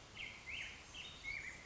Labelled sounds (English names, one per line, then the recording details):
Black-headed Grosbeak
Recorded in Sonoma County, California